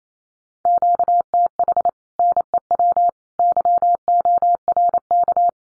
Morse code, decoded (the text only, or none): QTH NEW YORK